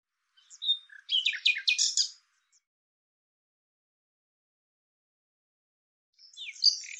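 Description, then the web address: Bird singing a jumbled phrase of quick high chips and short notes, then a long silence before another twittering phrase begins at the end. Audio cleaned and normalized. "cianscape birddata Deverinetal 2025 File cleaned normalized Bird Lu Me Lu Me"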